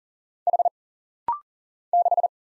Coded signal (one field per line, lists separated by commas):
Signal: Morse code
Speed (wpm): 40 wpm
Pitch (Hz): 700 Hz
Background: none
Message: H 6